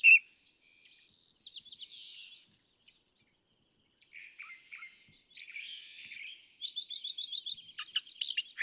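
California thrasher: songbird giving a varied song of buzzy phrases and trills, a pause midway, then faster mixed notes.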